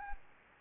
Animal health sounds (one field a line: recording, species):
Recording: mosquito wingbeat signal from an infrared sensor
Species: Anopheles arabiensis